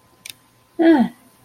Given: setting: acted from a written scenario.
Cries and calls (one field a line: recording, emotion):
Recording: vocal sound without words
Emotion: realization